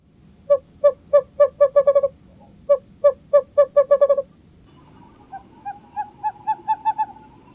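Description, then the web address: Western screech-owl call: two series of low, hollow hoots that speed up toward the end like a bouncing ball, followed by a softer, higher series of similar notes. "Thumbs Plus Zoo Field Guide"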